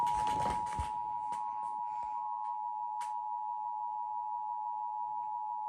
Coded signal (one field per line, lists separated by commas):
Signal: Emergency Alert System (SAME) tones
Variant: 853 and 960 Hz attention tone